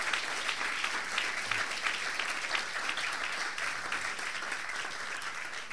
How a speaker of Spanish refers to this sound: Podemos levantarle un aplauso al Señor en esta mañana.